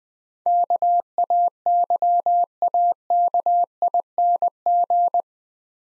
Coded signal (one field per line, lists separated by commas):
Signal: Morse code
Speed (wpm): 23 wpm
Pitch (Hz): 700 Hz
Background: none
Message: KAYAKING